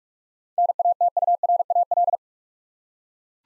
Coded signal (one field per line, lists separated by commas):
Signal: Morse code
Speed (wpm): 46 wpm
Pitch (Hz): 700 Hz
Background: none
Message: NATURAL